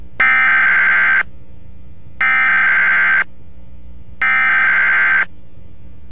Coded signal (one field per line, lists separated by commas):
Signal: Emergency Alert System (SAME) tones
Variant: header bursts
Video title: A REAL EAS ALERT FROM WBAP: 6/10/09-1/4